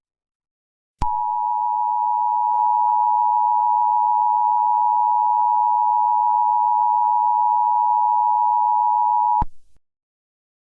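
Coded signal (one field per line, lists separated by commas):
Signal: Emergency Alert System (SAME) tones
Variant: 853 and 960 Hz attention tone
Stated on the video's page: Fictional EAS scenario about a serial killer.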